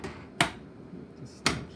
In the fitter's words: Just snaps right in there, huh? Yep.